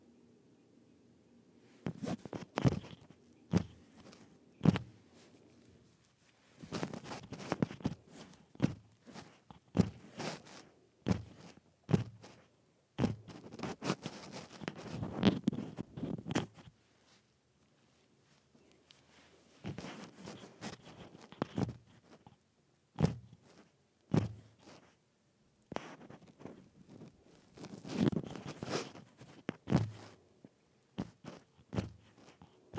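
A microphone is dropped a couple of inches again and again, giving clusters of sharp knocks and dull thumps with rattling handling noise between them. The bursts arrive every few seconds, loud, separated by short near-silent gaps.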